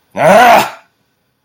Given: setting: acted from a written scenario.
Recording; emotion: vocal sound without words; anger